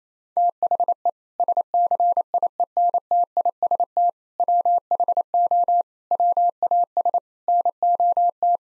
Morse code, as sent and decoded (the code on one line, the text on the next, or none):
- .... . / ... -.-. .. . -. - .. ... - / .-- .... --- / .-- .- ... / -. --- -
THE SCIENTIST WHO WAS NOT